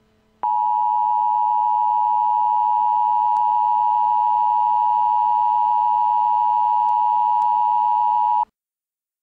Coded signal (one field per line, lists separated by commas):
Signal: Emergency Alert System (SAME) tones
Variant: 853 and 960 Hz attention tone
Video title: Civil Emergency Message EAS: Bushland, TX (6/25/14)